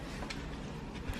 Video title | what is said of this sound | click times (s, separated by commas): Kitchen Revamp💪自虐DIY，厨房大变身 | 这个滑丝了，哎，螺钉呢？这个螺钉看得到吗？ | 0.3 s